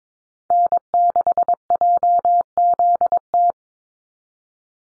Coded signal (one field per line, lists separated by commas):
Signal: Morse code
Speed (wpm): 22 wpm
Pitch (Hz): 700 Hz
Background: none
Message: N6JZT